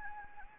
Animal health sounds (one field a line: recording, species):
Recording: mosquito wingbeat signal from an infrared sensor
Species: Anopheles gambiae